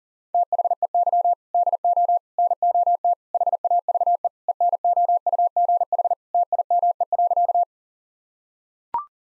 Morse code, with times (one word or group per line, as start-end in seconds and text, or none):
0.3-1.3 THEY
1.5-2.2 DO
2.4-3.1 NOT
3.3-4.3 HAVE
4.5-6.1 ENOUGH
6.3-7.6 TIME.